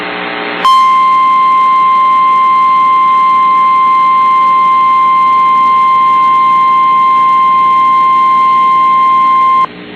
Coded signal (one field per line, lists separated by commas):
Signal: Emergency Alert System (SAME) tones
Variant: 1050 Hz attention tone